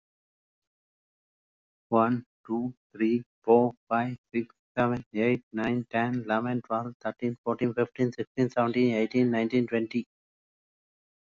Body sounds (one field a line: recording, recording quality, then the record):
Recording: counting at a normal pace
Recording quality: excellent, no background noise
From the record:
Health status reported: exposed to COVID-19, no respiratory illness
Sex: male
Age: 45 years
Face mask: not worn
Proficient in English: yes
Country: India